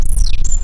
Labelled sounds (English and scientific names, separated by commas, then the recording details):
Stitchbird (Notiomystis cincta) song
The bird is a male
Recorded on Tiritiri Matangi Island, New Zealand, in 2005
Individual 2, of nest box 2